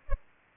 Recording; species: mosquito wingbeat signal from an infrared sensor; Culex pipiens